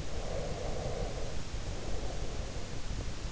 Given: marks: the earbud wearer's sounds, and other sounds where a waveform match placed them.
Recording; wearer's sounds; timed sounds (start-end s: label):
sounds in sleep by an in-ear microphone; breath
0.00-3.13 s: breath